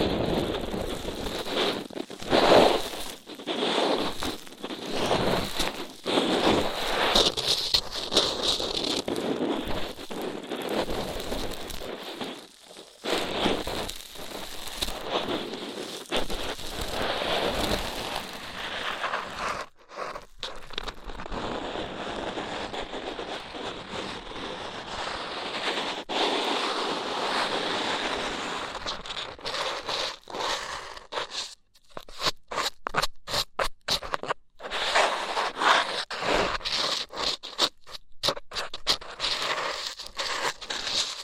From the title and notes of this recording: ASMR Rough Ear Cleaning (No Talking).